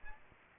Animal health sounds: mosquito wingbeat signal from an infrared sensor; Aedes aegypti

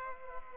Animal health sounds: mosquito wingbeat signal from an infrared sensor; Aedes aegypti

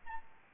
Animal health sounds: mosquito wingbeat signal from an infrared sensor; Aedes albopictus

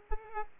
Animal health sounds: mosquito wingbeat signal from an infrared sensor; Culex pipiens

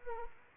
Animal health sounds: mosquito wingbeat signal from an infrared sensor; Anopheles arabiensis

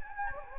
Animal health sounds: mosquito wingbeat signal from an infrared sensor; Anopheles gambiae

